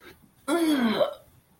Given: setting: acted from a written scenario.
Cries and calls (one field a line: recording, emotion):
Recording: vocal sound without words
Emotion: ecstasy